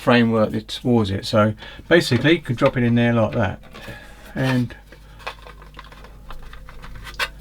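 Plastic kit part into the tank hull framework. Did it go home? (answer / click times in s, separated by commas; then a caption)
no / none. Someone talks while a plastic part of a TAKOM 1/16 scale M10 IIC Achilles British tank destroyer model kit is dropped into its tank hull framework. After the talk, a few light plastic ticks and taps of handling are heard, at about 5.3, 5.8, 6.3, 6.5 and 6.7 seconds. The part has not yet been pressed home, and nothing has seated or clicked yet.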